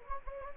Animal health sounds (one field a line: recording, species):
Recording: mosquito wingbeat signal from an infrared sensor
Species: Anopheles gambiae